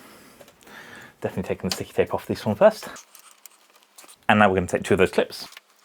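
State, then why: Not seated. Two plastic clips are being handled for pressing into the frame of an Elgato Wave acoustic panel, with sticky tape taken off first, while someone talks. Faint scratches and small handling ticks are heard between the speech. Nothing has seated or clicked into place yet.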